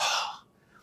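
A brief, breathy, hissing cough that fades fast, imitating the weak cough of a recurrent laryngeal nerve injury after esophageal surgery: one vocal cord is paralysed and pushed out laterally, so the other cannot close against it and the cords cannot be held tight and opened explosively. Such patients cannot clear secretions and may aspirate.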